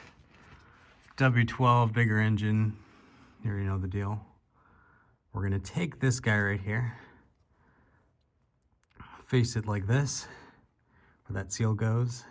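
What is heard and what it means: Someone talks while picking up a new automatic transmission filter for an Audi 6HP26A (HKT) transmission on a W12 engine and turning it to face the right way before tilting it up into the valve body. Brief small handling taps come at about 8.8 and 8.9 seconds, with a slightly longer one at 9.0 seconds. The filter has not yet seated or clicked into place.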